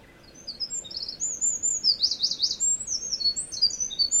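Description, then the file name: Eurasian wren song beginning after a short pause, a fast, shrill jumble of high twitters and trilled rattles that continues to the end. "misosazai"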